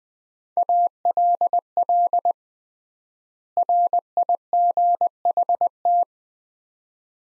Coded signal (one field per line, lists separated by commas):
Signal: Morse code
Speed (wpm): 20 wpm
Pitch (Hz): 700 Hz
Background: none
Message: ALL RIGHT